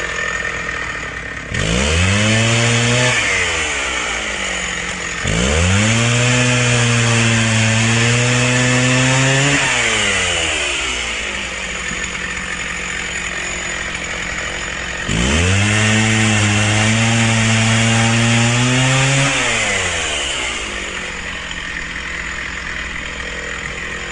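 A chainsaw revs up three times, near 1.5, 5 and 15 seconds, each time climbing quickly to a steady high whine that holds for several seconds before sliding back down to a rough idle. The idle putters between bursts under a constant hiss.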